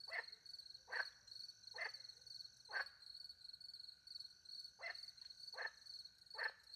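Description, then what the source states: Frog gives rasping croaks about once a second, with one longer gap, while crickets keep up a continuous high-pitched chirring behind. Night, countryside in France, beside a little pond, with crickets; microphones hidden in a tree, two Usi pro microphones into a Mixpre 10 II recorder.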